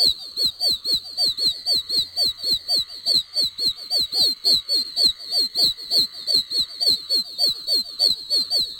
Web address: Oak toad